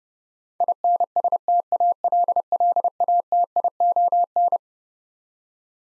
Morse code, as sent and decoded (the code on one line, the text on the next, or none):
.. -. ... - .- .-.. .-.. .- - .. --- -.
INSTALLATION